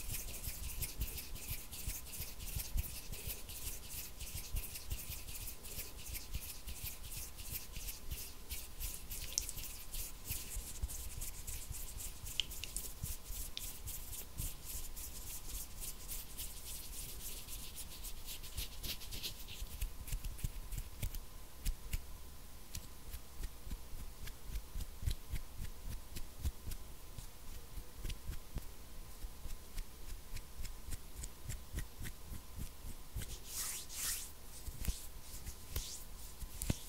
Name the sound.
INTENSE HAND SOUNDS